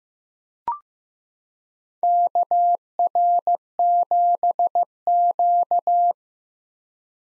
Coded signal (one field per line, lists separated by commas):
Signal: Morse code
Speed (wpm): 15 wpm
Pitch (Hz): 700 Hz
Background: none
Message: KR7Q